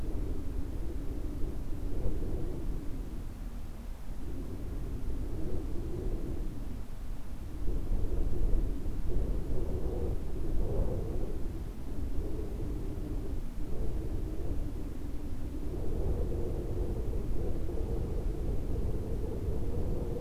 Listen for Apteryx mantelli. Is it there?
no